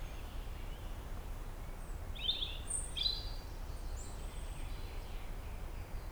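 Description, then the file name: European robin song: two short high twittering phrases close together, then a thin high whistle, against constant low-pitched background rumble. "Erithacus rubecula"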